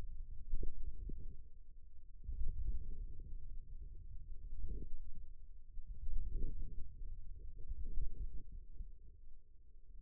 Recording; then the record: forearm muscle sounds (acoustic myography)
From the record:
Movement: radial deviation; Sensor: system 2, bracelet of six BSWA MPA416 microphones around the upper forearm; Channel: 3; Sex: male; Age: 22 years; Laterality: right